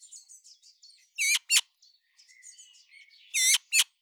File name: Pica pica